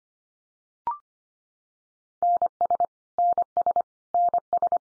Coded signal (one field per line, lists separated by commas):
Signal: Morse code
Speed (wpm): 25 wpm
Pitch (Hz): 700 Hz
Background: none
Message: NS NS NS